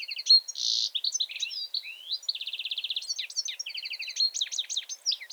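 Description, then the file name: European goldfinch song: a continuous liquid jumble of bright chirps, with a short buzzy note and fast rattling trills woven through the rapid phrase. "Carduelis carduelis"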